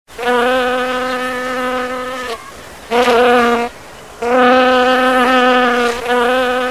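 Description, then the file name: Fly buzzing loudly in a steady harmonic hum, broken by brief pauses into several stretches of flight sound, some longer and some shorter. "zhuzhzhanie muhi"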